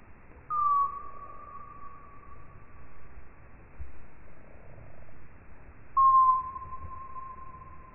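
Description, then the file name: Common noctule producing two long steady tones, each opening with a brief drop in pitch, about five and a half seconds apart, over faint hiss. "Nyctalus noctula"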